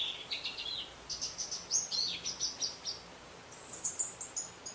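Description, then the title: Orange-headed thrush song, a continuous stream of varied high warbles, trills and whistled notes with almost no pauses. "Anis Merah"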